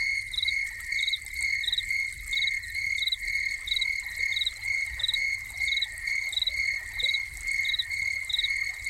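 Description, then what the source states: Crickets chirping: a steady high trill under short pulsed chirps repeating regularly, with running water beneath. Crickets recorded together with a running fountain.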